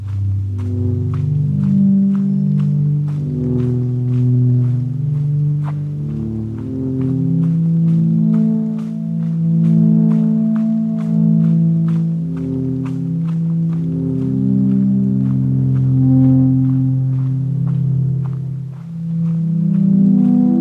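Low, overlapping hums fill this recording from the Patricia Lake Loop Trail near Pyramid Mountain, sliding slowly between pitches in a steady, murmuring drone. Sharp, bright clicks tick over them throughout, roughly twice a second, thinning and thickening without ever stopping.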